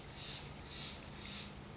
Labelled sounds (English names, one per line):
Steller's Jay